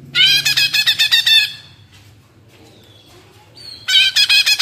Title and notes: Cucak Ijo Gacor Ngentrok Jambul Nembak. suara burung cucak ijo gacor, merdu cocok buat masteran burung cucak ijo